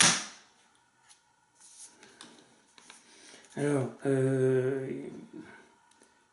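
A firm press on the button marked "push" releases the removable battery pack from the plastic body of a MIUZZY M245 cordless vacuum handle with a sharp click at 0.0 s. Quieter handling knocks follow, and someone talks briefly near the end.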